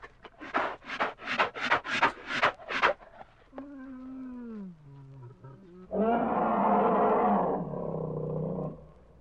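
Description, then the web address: Bear vocalizing: a run of rapid breathy huffs, then a low falling moan, ending in a loud rough sustained growl. "медведь"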